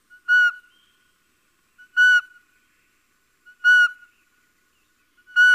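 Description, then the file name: Little owl calls: piercing whistled notes with a brief downward tail, four in steady succession about 1.7 seconds apart, against silence. "Civetta"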